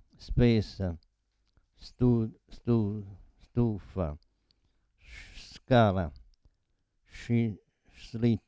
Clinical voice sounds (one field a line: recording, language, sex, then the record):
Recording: read list of words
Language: Italian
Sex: male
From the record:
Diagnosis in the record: Parkinson's disease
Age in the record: 72 years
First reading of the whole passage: 118 s, 4.4 characters per second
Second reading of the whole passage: 99 s, 5.2 characters per second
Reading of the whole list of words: 88 s, 3.2 characters per second